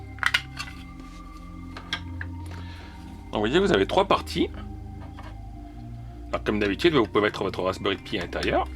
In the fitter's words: Et là c'est le couvercle qui se déclipse.